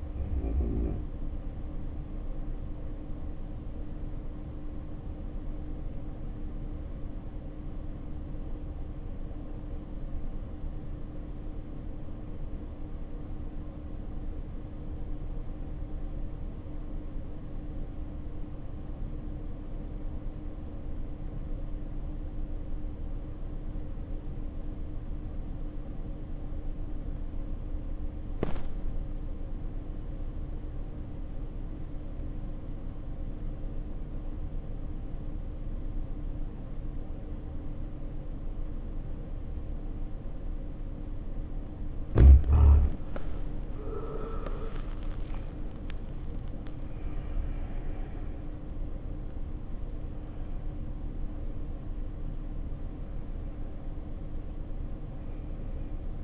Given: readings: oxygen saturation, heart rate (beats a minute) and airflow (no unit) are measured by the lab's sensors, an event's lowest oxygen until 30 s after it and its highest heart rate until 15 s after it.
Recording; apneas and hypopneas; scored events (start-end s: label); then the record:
breathing in sleep by a smartphone at the bedside; 1
7.00-43.90 s: obstructive apnea (REM, oxygen 96% highest, then 70% lowest, heart rate 56 at the start, 80 highest)
41.00-56.24 s: new sleep stage, N1 (lightest sleep)
From the record:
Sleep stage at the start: REM sleep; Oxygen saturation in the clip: 73 to 96%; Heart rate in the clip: 53 to 80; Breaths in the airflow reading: 6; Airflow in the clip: -9.1 to 9.6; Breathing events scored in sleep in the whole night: 520 in 7.2 hours asleep